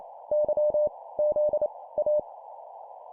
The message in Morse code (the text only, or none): Y Z A